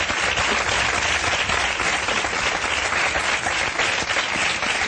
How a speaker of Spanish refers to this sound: ¡Gran aplauso para ellos!